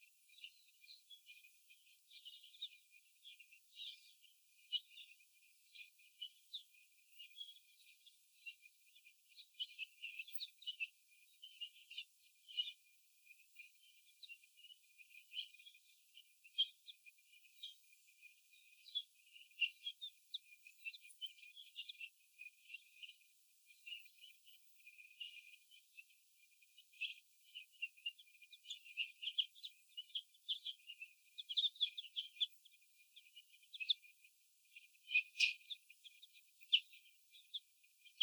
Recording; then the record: young laying hens in a cage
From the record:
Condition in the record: after the stressor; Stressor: sudden umbrella opening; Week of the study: 2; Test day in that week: 1